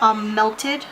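Someone talks while the lid of an emptied plastic eyeshadow pot is handled and brought back onto its base to be pressed shut. A snap would show it is properly closed, but nothing has seated or snapped yet in this clip.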